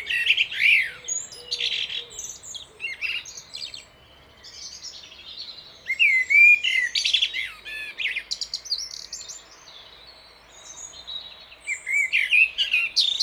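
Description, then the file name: Common blackbird song, fluty warbling phrases that break into thin high chattering twitters, delivered in several bursts with brief pauses between them. "Turdus merula"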